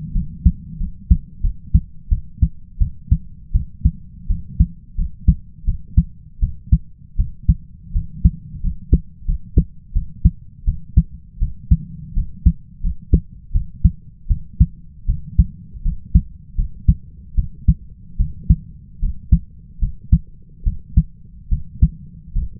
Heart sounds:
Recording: heart sounds by stethoscope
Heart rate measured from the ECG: 81 bpm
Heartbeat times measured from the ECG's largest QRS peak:
0.12 s: heartbeat
0.78 s: heartbeat
1.41 s: heartbeat
2.09 s: heartbeat
2.78 s: heartbeat
3.52 s: heartbeat
4.27 s: heartbeat
4.96 s: heartbeat
5.65 s: heartbeat
6.40 s: heartbeat
7.17 s: heartbeat
7.93 s: heartbeat
8.61 s: heartbeat
9.26 s: heartbeat
9.93 s: heartbeat
10.65 s: heartbeat
11.39 s: heartbeat
12.14 s: heartbeat
12.81 s: heartbeat
13.52 s: heartbeat
14.28 s: heartbeat
15.06 s: heartbeat
15.83 s: heartbeat
16.56 s: heartbeat
17.35 s: heartbeat
18.17 s: heartbeat
19.00 s: heartbeat
19.80 s: heartbeat
20.64 s: heartbeat
21.49 s: heartbeat
22.33 s: heartbeat
From the record:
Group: healthy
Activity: cold pressor test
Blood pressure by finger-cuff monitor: 134/81 mmHg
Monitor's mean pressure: 95 mmHg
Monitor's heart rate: 80 bpm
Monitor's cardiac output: 5.9 L/min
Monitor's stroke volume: 72 mL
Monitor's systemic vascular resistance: 1200 dyn s/cm5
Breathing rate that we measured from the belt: 17 breaths a minute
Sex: male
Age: 20 years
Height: 167 cm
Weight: 61 kg

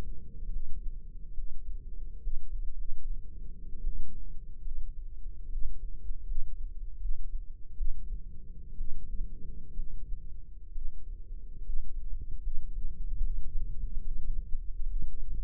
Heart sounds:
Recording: heart sounds by microphone in the left ear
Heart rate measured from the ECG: 71 bpm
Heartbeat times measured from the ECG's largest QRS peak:
0.49 s: heartbeat
1.33 s: heartbeat
2.19 s: heartbeat
2.73 s: heartbeat
3.80 s: heartbeat
4.61 s: heartbeat
5.48 s: heartbeat
6.24 s: heartbeat
6.98 s: heartbeat
7.74 s: heartbeat
8.75 s: heartbeat
9.73 s: heartbeat
10.71 s: heartbeat
11.61 s: heartbeat
12.40 s: heartbeat
13.19 s: heartbeat
14.00 s: heartbeat
14.85 s: heartbeat
From the record:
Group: healthy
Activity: rest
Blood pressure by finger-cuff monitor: 142/80 mmHg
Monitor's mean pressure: 98 mmHg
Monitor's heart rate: 74 bpm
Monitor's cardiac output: 6.6 L/min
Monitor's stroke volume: 90 mL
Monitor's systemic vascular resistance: 1090 dyn s/cm5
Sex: female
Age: 22 years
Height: 171 cm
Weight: 65.6 kg

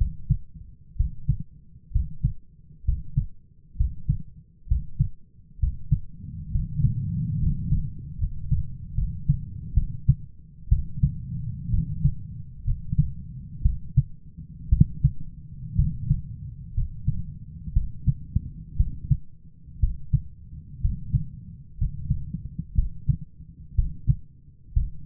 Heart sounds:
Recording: heart sounds by stethoscope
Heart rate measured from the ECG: 63 bpm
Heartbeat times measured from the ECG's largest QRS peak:
0.95 s: heartbeat
1.91 s: heartbeat
2.84 s: heartbeat
3.76 s: heartbeat
4.67 s: heartbeat
5.58 s: heartbeat
6.50 s: heartbeat
7.38 s: heartbeat
8.17 s: heartbeat
8.94 s: heartbeat
9.73 s: heartbeat
10.68 s: heartbeat
11.70 s: heartbeat
12.63 s: heartbeat
13.62 s: heartbeat
14.69 s: heartbeat
15.75 s: heartbeat
16.73 s: heartbeat
17.73 s: heartbeat
18.76 s: heartbeat
19.79 s: heartbeat
20.80 s: heartbeat
21.77 s: heartbeat
22.74 s: heartbeat
23.74 s: heartbeat
24.72 s: heartbeat
From the record:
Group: healthy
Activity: rest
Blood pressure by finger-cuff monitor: 112/64 mmHg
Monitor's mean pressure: 78 mmHg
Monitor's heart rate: 61 bpm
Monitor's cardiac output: 7.1 L/min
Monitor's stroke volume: 118 mL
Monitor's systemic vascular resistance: 820 dyn s/cm5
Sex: male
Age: 23 years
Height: 178 cm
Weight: 96.6 kg

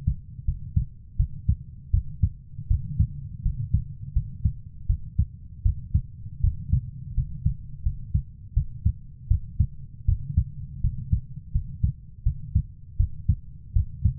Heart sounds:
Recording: heart sounds by stethoscope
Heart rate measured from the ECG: 81 bpm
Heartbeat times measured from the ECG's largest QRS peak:
0.45 s: heartbeat
1.17 s: heartbeat
1.91 s: heartbeat
2.68 s: heartbeat
3.42 s: heartbeat
4.13 s: heartbeat
4.87 s: heartbeat
5.63 s: heartbeat
6.41 s: heartbeat
7.14 s: heartbeat
7.83 s: heartbeat
8.54 s: heartbeat
9.28 s: heartbeat
10.05 s: heartbeat
10.81 s: heartbeat
11.52 s: heartbeat
12.23 s: heartbeat
12.97 s: heartbeat
13.73 s: heartbeat
From the record:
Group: healthy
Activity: rest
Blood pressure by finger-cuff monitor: 119/70 mmHg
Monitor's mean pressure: 88 mmHg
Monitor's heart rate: 82 bpm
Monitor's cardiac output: 7 L/min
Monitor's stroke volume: 86 mL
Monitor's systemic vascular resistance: 930 dyn s/cm5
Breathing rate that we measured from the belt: 16 breaths a minute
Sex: female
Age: 24 years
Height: 163 cm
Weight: 55.7 kg

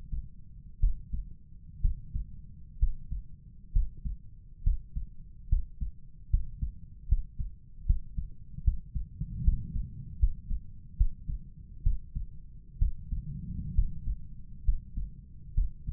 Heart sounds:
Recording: heart sounds by stethoscope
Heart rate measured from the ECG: 69 bpm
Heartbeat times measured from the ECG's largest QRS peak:
0.80 s: heartbeat
1.81 s: heartbeat
2.79 s: heartbeat
3.72 s: heartbeat
4.63 s: heartbeat
5.48 s: heartbeat
6.29 s: heartbeat
7.07 s: heartbeat
7.85 s: heartbeat
8.63 s: heartbeat
9.43 s: heartbeat
10.18 s: heartbeat
10.96 s: heartbeat
11.82 s: heartbeat
12.78 s: heartbeat
13.74 s: heartbeat
14.64 s: heartbeat
15.54 s: heartbeat
From the record:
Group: healthy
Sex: male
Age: 35 years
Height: 178 cm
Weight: 64 kg

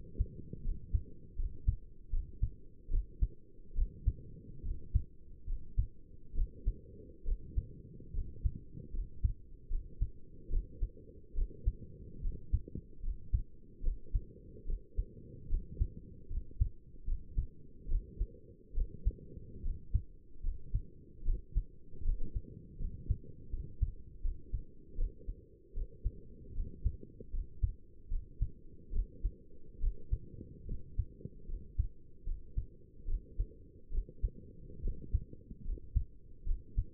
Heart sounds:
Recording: heart sounds by stethoscope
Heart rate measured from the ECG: 74 bpm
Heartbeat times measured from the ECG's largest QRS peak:
0.65 s: heartbeat
1.38 s: heartbeat
2.13 s: heartbeat
2.91 s: heartbeat
3.76 s: heartbeat
4.64 s: heartbeat
5.48 s: heartbeat
6.36 s: heartbeat
7.26 s: heartbeat
8.14 s: heartbeat
8.94 s: heartbeat
9.71 s: heartbeat
10.51 s: heartbeat
11.36 s: heartbeat
12.23 s: heartbeat
13.03 s: heartbeat
13.84 s: heartbeat
14.67 s: heartbeat
15.50 s: heartbeat
16.31 s: heartbeat
17.07 s: heartbeat
17.89 s: heartbeat
18.75 s: heartbeat
19.64 s: heartbeat
20.44 s: heartbeat
21.26 s: heartbeat
22.05 s: heartbeat
22.80 s: heartbeat
23.52 s: heartbeat
24.24 s: heartbeat
24.98 s: heartbeat
25.75 s: heartbeat
26.56 s: heartbeat
27.33 s: heartbeat
28.11 s: heartbeat
28.93 s: heartbeat
29.81 s: heartbeat
30.68 s: heartbeat
31.49 s: heartbeat
32.27 s: heartbeat
33.08 s: heartbeat
33.92 s: heartbeat
34.83 s: heartbeat
35.65 s: heartbeat
36.47 s: heartbeat
From the record:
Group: healthy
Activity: cold pressor test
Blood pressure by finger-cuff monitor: 108/70 mmHg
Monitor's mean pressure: 83 mmHg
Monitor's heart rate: 74 bpm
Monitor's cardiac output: 6.7 L/min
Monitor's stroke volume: 91 mL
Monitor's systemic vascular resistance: 890 dyn s/cm5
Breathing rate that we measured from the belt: 16 breaths a minute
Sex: male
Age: 22 years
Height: 181 cm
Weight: 79 kg

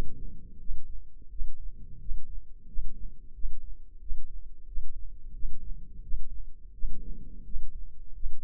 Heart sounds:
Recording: heart sounds by microphone in the left ear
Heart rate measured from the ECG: 87 bpm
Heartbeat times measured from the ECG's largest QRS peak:
0.59 s: heartbeat
1.30 s: heartbeat
1.99 s: heartbeat
2.66 s: heartbeat
3.33 s: heartbeat
4.00 s: heartbeat
4.66 s: heartbeat
5.33 s: heartbeat
6.02 s: heartbeat
6.72 s: heartbeat
7.44 s: heartbeat
8.14 s: heartbeat
From the record:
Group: healthy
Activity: rest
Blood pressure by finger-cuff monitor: 114/60 mmHg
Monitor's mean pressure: 76 mmHg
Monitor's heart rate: 86 bpm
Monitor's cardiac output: 9.6 L/min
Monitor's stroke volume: 110 mL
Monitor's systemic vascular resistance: 580 dyn s/cm5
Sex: male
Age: 24 years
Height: 184 cm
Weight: 89 kg

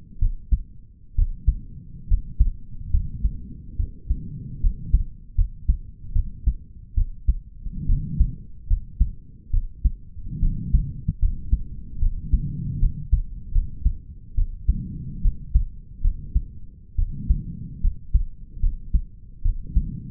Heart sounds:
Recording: heart sounds by stethoscope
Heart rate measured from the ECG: 72 bpm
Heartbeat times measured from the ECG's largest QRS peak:
0.19 s: heartbeat
1.15 s: heartbeat
2.08 s: heartbeat
2.91 s: heartbeat
3.76 s: heartbeat
4.60 s: heartbeat
5.35 s: heartbeat
6.13 s: heartbeat
6.94 s: heartbeat
7.86 s: heartbeat
8.67 s: heartbeat
9.51 s: heartbeat
10.40 s: heartbeat
11.19 s: heartbeat
11.99 s: heartbeat
12.79 s: heartbeat
13.52 s: heartbeat
14.35 s: heartbeat
15.21 s: heartbeat
16.01 s: heartbeat
16.95 s: heartbeat
17.81 s: heartbeat
18.60 s: heartbeat
19.42 s: heartbeat
From the record:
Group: healthy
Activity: rest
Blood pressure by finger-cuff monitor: 95/73 mmHg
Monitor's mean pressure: 79 mmHg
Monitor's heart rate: 73 bpm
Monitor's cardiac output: 5.1 L/min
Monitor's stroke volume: 70 mL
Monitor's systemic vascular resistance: 1120 dyn s/cm5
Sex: male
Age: 20 years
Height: 187 cm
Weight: 68.9 kg

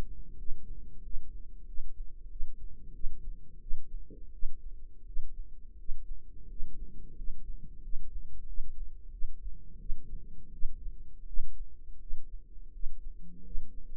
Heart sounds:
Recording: heart sounds by microphone in the right ear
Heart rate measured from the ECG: 87 bpm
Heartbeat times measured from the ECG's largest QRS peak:
0.35 s: heartbeat
1.01 s: heartbeat
1.65 s: heartbeat
2.28 s: heartbeat
2.92 s: heartbeat
3.59 s: heartbeat
4.31 s: heartbeat
5.04 s: heartbeat
5.76 s: heartbeat
6.47 s: heartbeat
7.14 s: heartbeat
7.80 s: heartbeat
8.45 s: heartbeat
9.10 s: heartbeat
9.77 s: heartbeat
10.50 s: heartbeat
11.24 s: heartbeat
11.98 s: heartbeat
12.71 s: heartbeat
13.42 s: heartbeat
From the record:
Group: healthy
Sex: male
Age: 33 years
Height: 179 cm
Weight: 80.4 kg

